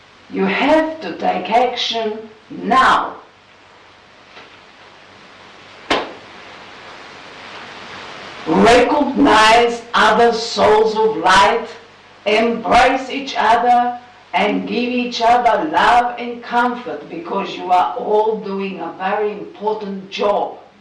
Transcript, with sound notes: You have to take action now. (claps the hands to emphasise Her words) Recognise other Souls of Light, embrace each other and give each other love and comfort because you are all doing a very important job.